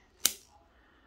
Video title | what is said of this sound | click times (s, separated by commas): EDC Jinhao X450 Fountain Pen Review | and the next good point is the satisfying click | 0.3 s